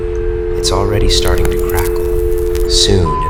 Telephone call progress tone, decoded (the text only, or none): dial tone